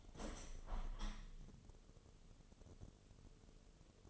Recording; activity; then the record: daily activity, microphone in the room; open window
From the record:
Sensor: 4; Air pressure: 1015.8 hPa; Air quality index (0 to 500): 82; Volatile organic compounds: 1 ppm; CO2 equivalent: 908 ppm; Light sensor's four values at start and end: 9/20/8/7 and 9/20/8/7